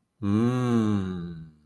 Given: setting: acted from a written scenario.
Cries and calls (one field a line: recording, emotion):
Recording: vocal sound without words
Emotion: romantic love